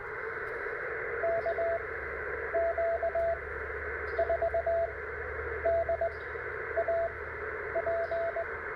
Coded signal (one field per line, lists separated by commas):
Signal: Morse code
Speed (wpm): 20 wpm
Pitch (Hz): 670 Hz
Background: radio noise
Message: KQ4DAP